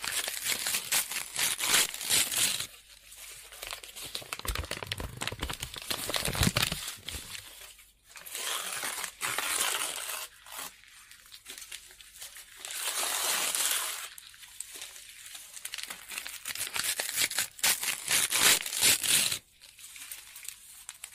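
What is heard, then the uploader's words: Scribbling on paper comes in bursts of dry, bright scratching, with strokes that rise and fall in loudness and short pauses between them. Around six to seven seconds a heavier, lower rustle like crinkling paper joins in, then the quicker, lighter pen strokes return. Scribbling On Paper.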